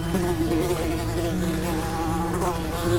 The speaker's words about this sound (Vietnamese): Xung quanh tôi, những tiếng vo ve lại nổi lên.